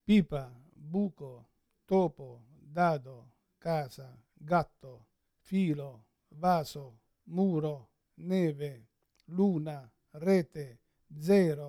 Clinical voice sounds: read list of words; Italian; male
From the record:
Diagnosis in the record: Parkinson's disease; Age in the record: 71 years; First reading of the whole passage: 60 s, 8.7 characters per second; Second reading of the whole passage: 57 s, 9.1 characters per second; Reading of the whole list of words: 54 s, 5.3 characters per second

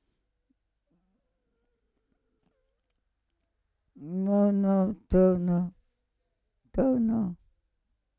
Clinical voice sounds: read list of words; Italian; female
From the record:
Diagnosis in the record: Parkinson's disease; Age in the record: 65 years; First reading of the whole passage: 242 s, 2.1 characters per second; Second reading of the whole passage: 180 s, 2.9 characters per second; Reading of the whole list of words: 168 s, 1.7 characters per second

